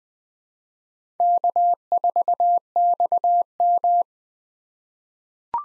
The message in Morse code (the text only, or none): K4XM